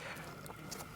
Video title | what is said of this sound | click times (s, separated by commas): I Fixed Everything on my 240K Mile Raptor for $1K in 1 Video! Was it Worth it? | no it's and it locks into place | 0.5 s